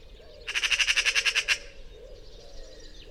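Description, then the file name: Eurasian magpie rattle call: a fast burst of many harsh, scratchy notes lasting about a second, followed by faint background sounds. "Pica pica"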